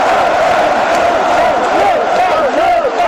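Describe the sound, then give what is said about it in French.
A large crowd roars and cheers continuously at a rally beneath the statue of Joan of Arc on 1 May, the day after the first round of the 2002 presidential elections, celebrating Jean-Marie Le Pen's electoral success; many voices blend into a loud, sustained wash of shouting with rising and falling calls over the din. “À nouveau sous la statue de Jeanne d'Arc, au lendemain du premier tour des élections présidentielles de 2002, la foule célèbre le 1er mai le succès électoral de Jean-Marie Le Pen qui vient d'obtenir 17% des suffrages exprimés.”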